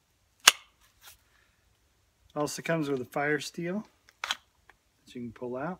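A Gerber Bear Grylls Ultimate fixed blade knife is pushed into its plastic sheath and locks in place with a single loud, sharp snap at 0.5 s. Afterward someone talks, with a few fainter clicks in between.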